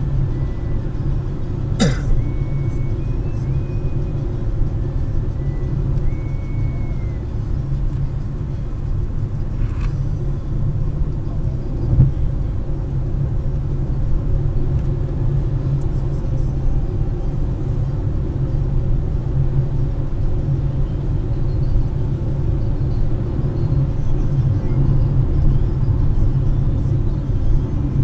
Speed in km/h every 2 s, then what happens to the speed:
119, 117, 114, 109, 107, 108, 113, 118, 120, 124, 125, 124, 116, 111.
0-9 slows to 107. 9-21 speeds up to 125. 21-28 slows to 111.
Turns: none.